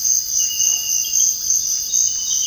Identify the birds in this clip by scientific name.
Psarocolius angustifrons